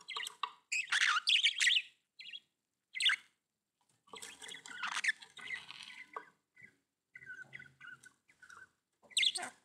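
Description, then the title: Budgerigar chatter, irregular squeaky warbles and chirps in uneven bursts with quieter gaps. "Budgie Sounds"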